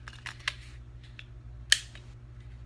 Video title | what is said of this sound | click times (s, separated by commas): GETTING THE GUN I DON'T RECOMMEND FOR DISABLED USERS (XD-40) | it goes in and click as you | 1.7 s